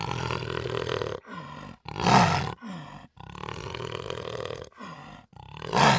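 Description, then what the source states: Jaguar growls alternate between long rasping snarls and short grunting bursts, with loud roaring peaks near two and six seconds. Two jaguars, angry.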